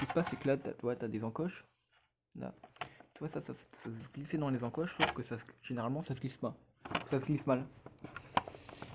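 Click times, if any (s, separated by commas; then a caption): 8.4 s. Someone talks while pushing the plastic bottom cover plate back onto a Fujitsu A531 laptop chassis after a CPU upgrade, sliding its tabs into the notches, a fit that usually goes in badly. A short run of light clicks near the end peaks in a sharp click at 8.4 s as the cover seats into place.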